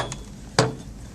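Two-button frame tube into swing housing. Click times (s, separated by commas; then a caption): 0.6 s. A two-button frame tube is pushed into the housing of a Graco Love and Hug Swing. The frame is opened up, and the second spring button clicks into place at 0.6 s with a sharp, bright snap, locking the tube in with both buttons seated. A faint tick comes earlier at 0.1 s.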